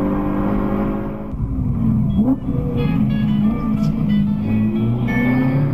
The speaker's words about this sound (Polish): Na nagraniu widać, że pędzi z ogromną prędkością, wyprzedza inne samochody poboczem, jedzie pod prąd na czerwonych światłach i rozmawia.